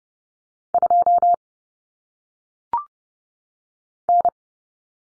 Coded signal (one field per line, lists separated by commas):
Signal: Morse code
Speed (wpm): 30 wpm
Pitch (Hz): 700 Hz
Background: none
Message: 2 N